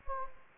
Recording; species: mosquito wingbeat signal from an infrared sensor; Anopheles gambiae